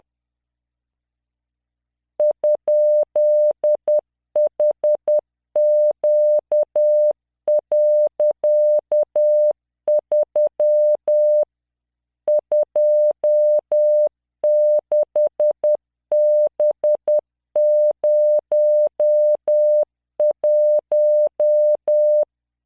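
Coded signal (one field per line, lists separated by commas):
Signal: Morse code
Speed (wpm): 10 wpm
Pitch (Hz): 600 Hz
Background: none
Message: ?HQ.3 26B01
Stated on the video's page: Practice generated by LearningMorse software at 10 WPM, 600 Hz tone, standard three-dot spacing, random five-character groups.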